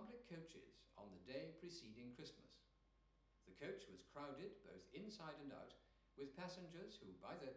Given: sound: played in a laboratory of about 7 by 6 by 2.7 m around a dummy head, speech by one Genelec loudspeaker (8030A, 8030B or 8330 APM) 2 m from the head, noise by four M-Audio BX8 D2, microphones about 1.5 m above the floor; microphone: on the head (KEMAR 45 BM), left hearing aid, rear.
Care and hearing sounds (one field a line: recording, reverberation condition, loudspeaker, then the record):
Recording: male speech in English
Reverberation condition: medium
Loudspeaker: 150 degrees to the left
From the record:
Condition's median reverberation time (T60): about 510 ms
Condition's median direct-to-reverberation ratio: about -0.5 dB